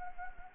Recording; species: mosquito wingbeat signal from an infrared sensor; Anopheles arabiensis